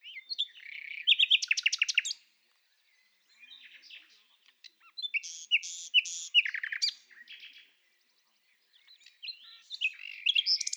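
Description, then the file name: Common nightingale singing varied phrases: loud rapid repeated notes, soft quieter warbles, then loud chattering bursts, separated by brief silences. "Nachtigall - Luscinia megarhynchos"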